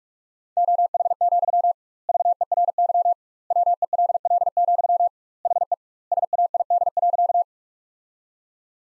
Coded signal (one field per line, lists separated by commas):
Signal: Morse code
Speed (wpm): 43 wpm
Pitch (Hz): 700 Hz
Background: none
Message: OH, VERY WELL, HE SAID.